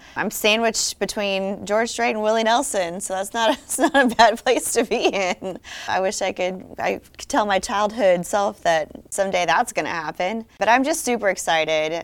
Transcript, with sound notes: I’m sandwiched between George Strait and Willie Nelson, so that’s not a bad place to be in. (laugh) I wish I could tell my childhood self that someday that’s gonna happen, but I’m just super excited.